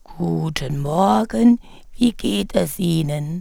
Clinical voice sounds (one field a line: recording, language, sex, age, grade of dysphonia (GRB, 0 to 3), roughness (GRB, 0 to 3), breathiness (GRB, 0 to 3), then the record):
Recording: spoken sentence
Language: German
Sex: female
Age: 40 to 49 years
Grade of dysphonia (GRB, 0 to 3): 2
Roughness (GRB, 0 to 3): 2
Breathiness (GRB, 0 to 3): 1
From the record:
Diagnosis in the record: recurrent laryngeal nerve paralysis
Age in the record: 47 years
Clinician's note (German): Rechts, Zustand nach Stütze, Interarybereich verdickt geschwollen, Stridor